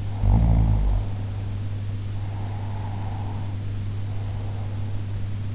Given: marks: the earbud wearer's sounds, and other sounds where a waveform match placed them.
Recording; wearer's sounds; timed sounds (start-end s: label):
sounds in sleep by an in-ear microphone; snoring breath, breath
0.20-1.96 s: snoring breath
1.96-5.26 s: breath